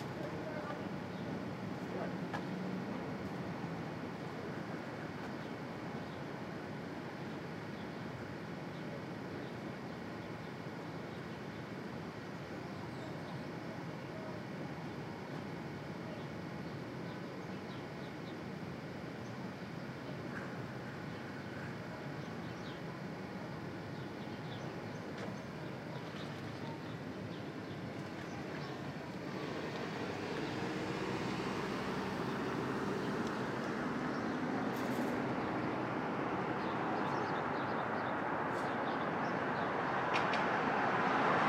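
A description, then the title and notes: Street traffic at dawn in Brooklyn makes a steady, dense rumble with a faint tone holding through the first half. Around the thirty-second mark the sound grows louder and brighter as a vehicle passes, and the hiss keeps building to the end. Street Traffic.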